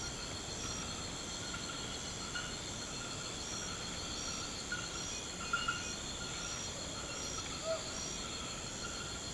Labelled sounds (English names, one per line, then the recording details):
none
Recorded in pastures near Puerto Asís, Putumayo, Colombia, on 19 March 2025 at 02:00
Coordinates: 0.472, -76.329
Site G074